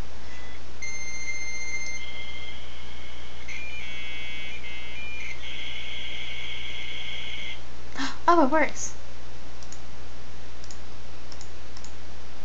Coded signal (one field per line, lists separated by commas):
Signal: dial-up modem handshake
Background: speech